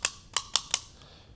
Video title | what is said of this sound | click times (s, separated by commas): Fuel Lines and Pumps | when you turn them on you're supposed to turn them until they click | 0.0 s, 0.4 s, 0.6 s, 0.7 s